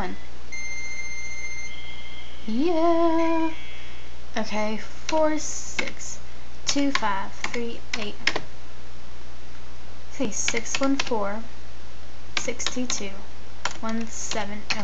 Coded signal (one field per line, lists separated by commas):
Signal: dial-up modem handshake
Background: speech